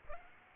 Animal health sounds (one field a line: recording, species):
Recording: mosquito wingbeat signal from an infrared sensor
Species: Aedes aegypti